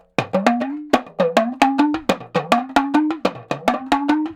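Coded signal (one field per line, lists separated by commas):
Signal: talking drum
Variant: Senegalese talking drum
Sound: about 15 quick drum strokes, each low pitch bending upward, phrased like speech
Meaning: Asks where Salima is, calling her home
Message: Anna Salima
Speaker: I need to call Salima. I say I going to I want to say where's Salima? That time no phone, no text message, no fax machine, no WhatsApp. I get I take my talking drum say Anna Salima.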